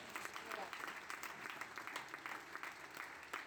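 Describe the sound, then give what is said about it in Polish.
An audience at a sermon bursts into steady applause for God, a dense crackle of many hands clapping at once that holds at an even, fairly loud level throughout. “Czy możemy oddać Bogu oklaski?”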